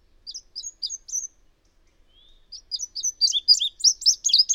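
Bird giving a few thin, spaced chirps, then a faint slide into a dense, fast and louder twittering phrase.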